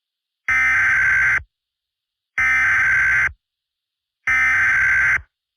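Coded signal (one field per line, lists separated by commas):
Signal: Emergency Alert System (SAME) tones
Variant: header bursts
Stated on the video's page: Fictional tornado EAS scenario.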